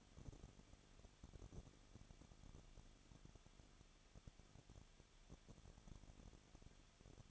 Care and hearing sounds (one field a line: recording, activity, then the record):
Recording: daily activity, microphone in the room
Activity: no activity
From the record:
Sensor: 4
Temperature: 23.1 degrees Celsius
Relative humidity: 34.1%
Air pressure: 1007.2 hPa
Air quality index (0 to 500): 216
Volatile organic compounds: 15 ppm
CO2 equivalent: 2498 ppm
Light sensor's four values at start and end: 2/3/1/1 and 2/3/1/1